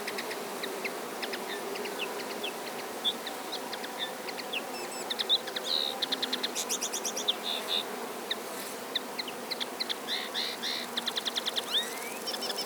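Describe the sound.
Common linnet song, scattered twittering notes and short rapid trills spread throughout, over a steady low hum.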